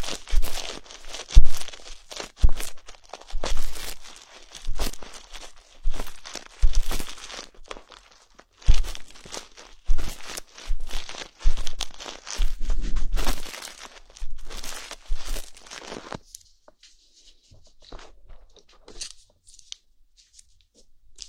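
Ear cleaning with a fluffy-tipped ear pick: dense, crackly rustling and scratching in irregular bursts, with soft thumps underneath. Around sixteen seconds the strokes turn sparse and quieter, leaving faint, scattered crinkles.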